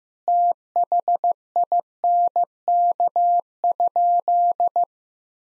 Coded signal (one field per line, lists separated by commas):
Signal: Morse code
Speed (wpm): 15 wpm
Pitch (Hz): 700 Hz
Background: none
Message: THINK?